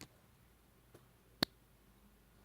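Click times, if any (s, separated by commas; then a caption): 1.4 s. The cap of a Jinhao 992 Specialist fountain pen is pushed onto the pen body. After a faint tick at the start and a soft one near 0.9 s, a sharp, bright click at 1.4 s marks the cap snapping home and seating.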